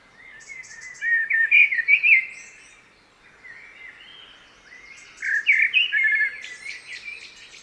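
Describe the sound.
Common blackbird song: two mellow, warbling phrases low in pitch, each ending in thin, high twittering, separated by a pause of about three seconds.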